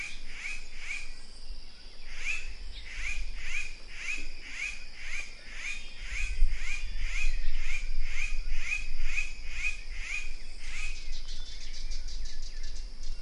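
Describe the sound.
Azure-hooded jay calling in a long run of short, harsh notes about twice a second, changing to thinner buzzy notes near the end, over a low rumble.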